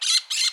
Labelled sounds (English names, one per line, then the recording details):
Brown-throated Parakeet contact call
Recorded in Curacao
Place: Hoffi Jan Thiel
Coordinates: 12.094, -68.877